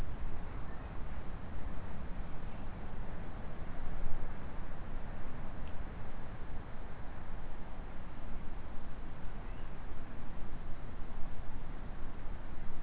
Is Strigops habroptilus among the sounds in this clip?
no